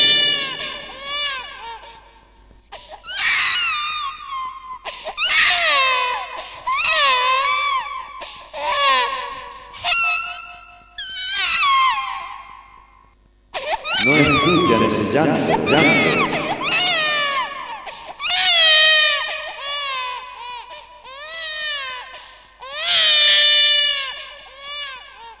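A baby cries on Christmas in repeated high, wavering wails, broken by short gaps and rising into a louder, harsher outburst midway before settling back into uneven sobbing cries.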